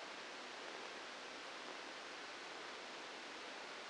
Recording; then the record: brain microelectrode recording played as sound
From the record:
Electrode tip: inside the subthalamic nucleus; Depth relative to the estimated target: -1 mm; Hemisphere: left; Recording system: NeuroSet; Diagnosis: Parkinson's disease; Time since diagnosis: 8 years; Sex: male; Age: 59 years